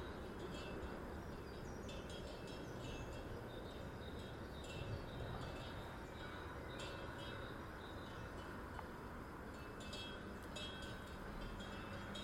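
A steady, dense low rush of highway traffic fills the whole stretch, while a bird's bright chirps come and go high above it.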